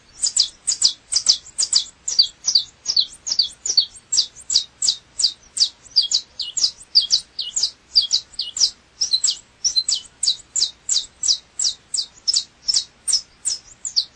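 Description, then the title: Double-collared seedeater delivering a long, continuous string of bright, high-pitched chirps at a brisk, even pace. "Canto Coleiro"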